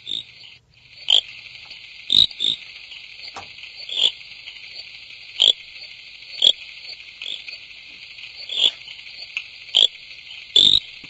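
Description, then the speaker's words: Pickersgill's reed frog calling, short clicks at irregular intervals, about one a second, over a steady high insect-like hum. Threatened frog species. "Kom ons luister bietjie. Hoe klink Pickersgill se rietpadda?"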